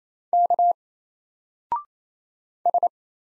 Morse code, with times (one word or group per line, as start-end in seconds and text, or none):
0.3-0.7 K
2.7-2.9 S